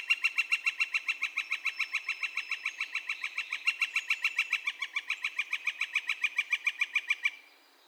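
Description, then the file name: Northern flicker calling in a long rapid series of clear, repeated notes at an even tempo, continuing for about seven seconds before stopping suddenly. Calls, recorded on 2 May 2020. "2020-05-02 Northern Flicker- Calls"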